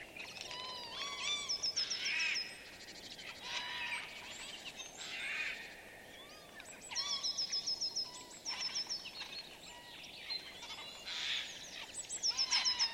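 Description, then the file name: Eurasian jay giving harsh, rasping screeches, several short noisy bursts scattered throughout, over a busy chorus of other birds with clear whistles and rapid high trills. "Garrulus glandarius"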